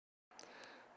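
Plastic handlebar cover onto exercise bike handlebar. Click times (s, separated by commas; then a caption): 0.4 s. A plastic handlebar cover is pressed onto the handlebar of a Sole Fitness LCB upright exercise bike frame. After silence, a steady background sound starts at about 0.3 seconds, and a short sharp click lands at 0.4 seconds. The cover snaps into place and is seated.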